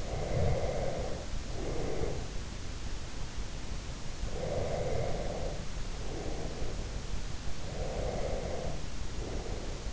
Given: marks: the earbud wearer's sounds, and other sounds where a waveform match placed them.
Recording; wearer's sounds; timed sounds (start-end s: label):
sounds in sleep by an in-ear microphone; breath
0.00-2.39 s: breath
4.21-6.91 s: breath
7.51-9.84 s: breath